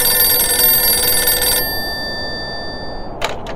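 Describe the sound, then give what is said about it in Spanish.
A telephone bell rings loudly at Marambio Base in Antarctica with a bright, metallic trill for about a second and a half, then its tone lingers and fades, followed by a couple of brief clattering clicks. “Silencio, que está sonando el teléfono, amigos.”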